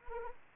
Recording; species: mosquito wingbeat signal from an infrared sensor; Anopheles arabiensis